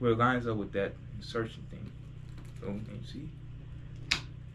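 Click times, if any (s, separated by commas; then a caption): 4.1 s. Someone talks while lining up the plastic tail section of a 1/6 collectible figure with its socket on the figure body and pushing it in. A sharp click at 4.1 s marks the tail seating into place.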